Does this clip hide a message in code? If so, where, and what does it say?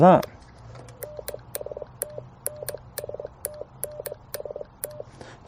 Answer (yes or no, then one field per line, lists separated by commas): no